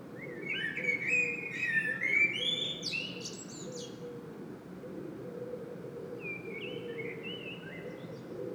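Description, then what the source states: Common blackbird song, a warbling run of fluty notes with high twittering, then a softer phrase, with low hum throughout. Singing bird in Saint-Gilles, Belgium; recorded with a Sony PCM-M10 internal microphone.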